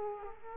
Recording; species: mosquito wingbeat signal from an infrared sensor; Culex quinquefasciatus